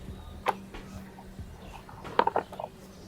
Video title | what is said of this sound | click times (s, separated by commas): Tetap Tampil Kece Meski di Pakai Bertahun tahun! Ini dia Tips Merawat Sepeda Listrik Ala ADO Bikers | kita tunggu Sampai bunyi klik terus di | 2.2 s